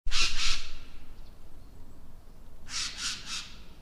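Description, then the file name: Eurasian jay harsh calls: two broad, noisy rasping notes at the start, then a quiet pause and three more harsh notes near the end, with low background rumble. "Garrulus glandarius"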